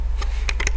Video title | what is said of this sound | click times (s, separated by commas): Casque Bollé The One - Casque de vélo intelligent !! - 305 | elle se clipse | 0.5 s, 0.7 s